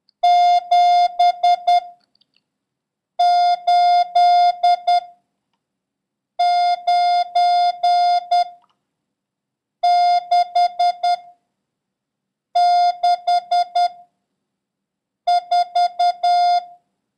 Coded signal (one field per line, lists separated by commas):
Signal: Morse code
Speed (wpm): 10 wpm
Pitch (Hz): 710 Hz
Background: none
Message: 789664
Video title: International Morse Code: Lesson 10